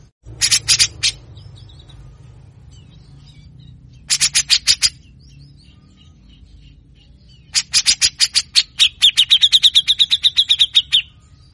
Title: MASTERAN CUCAK JENGGOT GACOR FULL BESETAN KASAR DURASI PANJANG. Masteran Cucak jenggot ngepik mbeset Ngetril